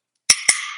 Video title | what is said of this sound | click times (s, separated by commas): 2014-2021 MITSUBISHI OUTLANDER 5-dr SUV with Flush Side Rails - Thule's Best Roof Rack Crossbars | and hear that click once it finally gets that full tightness | 0.3 s, 0.5 s